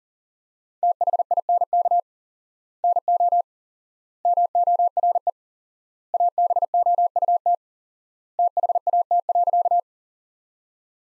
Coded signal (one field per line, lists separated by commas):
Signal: Morse code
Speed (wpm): 37 wpm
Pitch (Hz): 700 Hz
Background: none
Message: THINK NO MORE ABOUT THAT.